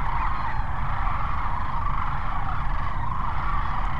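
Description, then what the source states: Sandhill cranes giving an unbroken wash of rolling, trumpeting calls from many birds at once, backed by a heavy low-pitched rumble. At Cochise Lakes on 30 January 2019.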